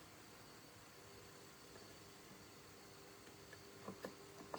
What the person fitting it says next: okay and it snaps right in there